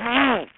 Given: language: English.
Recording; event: throat vibration sensor signal played as sound; throat clearing